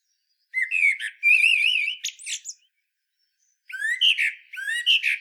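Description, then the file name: Common blackbird singing a wavering, flutelike phrase with a sharp high squeak at the end. After a pause, a fresh run of rich warbled notes follows. "Turdus merula"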